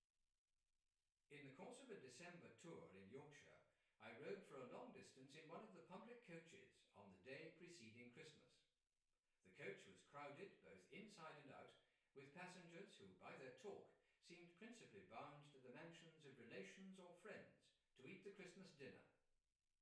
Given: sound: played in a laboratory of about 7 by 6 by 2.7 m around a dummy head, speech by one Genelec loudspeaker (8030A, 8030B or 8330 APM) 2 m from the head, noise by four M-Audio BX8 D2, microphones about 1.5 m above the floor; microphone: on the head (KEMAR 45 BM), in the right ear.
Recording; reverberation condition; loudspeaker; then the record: male speech in English; medium; 120 degrees to the left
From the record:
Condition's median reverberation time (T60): about 510 ms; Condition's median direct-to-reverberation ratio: about -0.5 dB